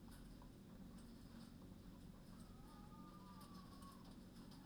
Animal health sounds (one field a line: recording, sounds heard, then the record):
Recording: poultry house recording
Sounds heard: healthy chickens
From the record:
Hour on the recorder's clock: 20